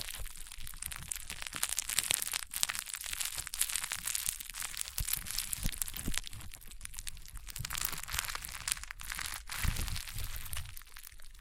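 Crunchy, popping slime is squeezed and pressed without pause, a dense stream of crisp crackles and pops that stays bright and hissy throughout. Bursts of sharper snaps stand out around two, nine and ten seconds, with soft low thumps of handling underneath.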